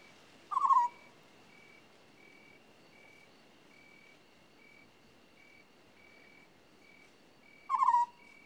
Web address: BBC Sound Effects Library. African Scops Owl